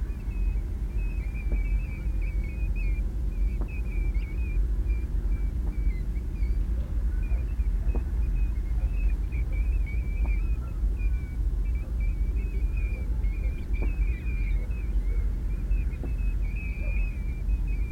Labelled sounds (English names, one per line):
European Golden Plover call